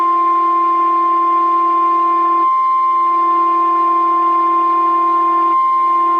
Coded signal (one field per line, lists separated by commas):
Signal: Emergency Alert System (SAME) tones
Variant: 1050 Hz attention tone